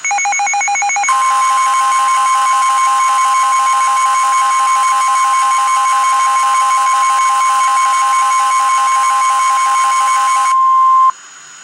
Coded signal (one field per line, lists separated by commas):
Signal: Emergency Alert System (SAME) tones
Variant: 1050 Hz attention tone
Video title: REAL EAS 728-Tornado warning